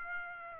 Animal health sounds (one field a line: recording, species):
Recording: mosquito wingbeat signal from an infrared sensor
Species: Aedes aegypti